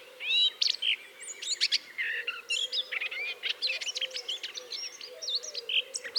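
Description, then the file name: Eurasian blackcap warbling with clear whistles and jumbled chirps over a soft background hum, the notes tumbling together rapidly. "Sylvia atricapilla"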